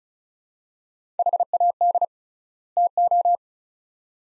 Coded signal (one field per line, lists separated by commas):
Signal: Morse code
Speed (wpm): 34 wpm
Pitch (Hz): 700 Hz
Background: none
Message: HAD TO